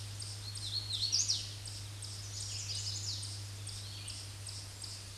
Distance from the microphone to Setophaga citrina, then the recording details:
about 10 m. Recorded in a Pennsylvania forest on 16 May 2024 at 07:56. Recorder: AudioMoth, point MSD-2208. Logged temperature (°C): 15.2 °C. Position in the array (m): 145 m, 90 m